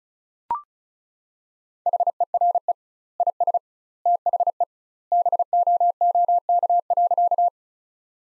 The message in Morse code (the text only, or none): HERE IS THE BOOK.